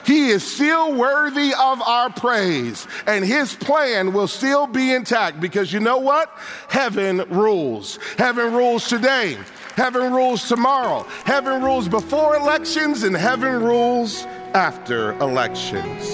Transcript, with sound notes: He is worthy of our praise, and His plan will still be intact because Heaven rules! (applause) Heaven rules today. Heaven rules tomorrow. Heaven rules before elections, and Heaven rules after elections.